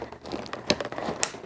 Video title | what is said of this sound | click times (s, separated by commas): Mont du Lac Instructional Video 2024 - Skiing and Snowboarding Equipment | The Binding back up push the ladder strap into the teeth until it clicks | 0.5 s, 0.7 s, 1.2 s